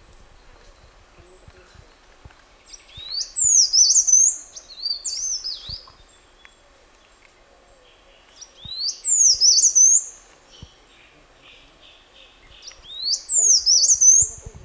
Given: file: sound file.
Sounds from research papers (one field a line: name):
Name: Rote Leaf Warbler Song